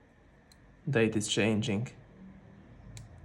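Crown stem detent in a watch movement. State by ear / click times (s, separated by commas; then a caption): seated / 3.0 s. Someone talks briefly while the crown of a Seiko-movement Royal Oak homage mod watch is pulled further out toward the hand-setting position. At 3.0 s the crown stem detent in the watch movement gives a sharp, tiny click as the stem seats in its second position, after a fainter tick near 0.5 s.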